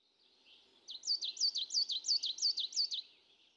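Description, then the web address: Coal tit calling in a quick run of several high, sharp two-note phrases, evenly repeated over two seconds, with faint low background hum. Early morning. "Fontainebleau Demo. coal tit"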